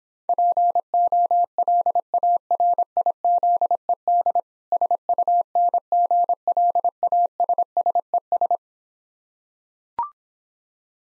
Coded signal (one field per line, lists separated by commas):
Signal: Morse code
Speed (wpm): 26 wpm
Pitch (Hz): 700 Hz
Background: none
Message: POLARIZED SUNGLASSES